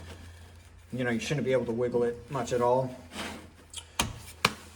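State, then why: Seated. A filter housing sealed with o-rings is pushed into an aquarium canister filter, and its locking tab is pushed in. Someone talks, then two sharp clicks sound at 4.0 and 4.5 seconds as the housing clicks into place and is seated.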